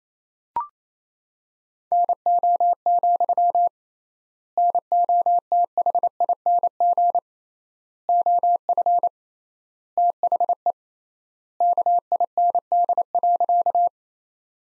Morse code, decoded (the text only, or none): NO, NOTHING OF THE KIND.